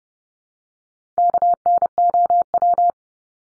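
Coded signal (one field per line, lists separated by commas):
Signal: Morse code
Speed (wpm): 30 wpm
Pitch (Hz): 700 Hz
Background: none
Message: KNOW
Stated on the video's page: Top 200 English words drill at 30 wpm, each word sent three times, then once more.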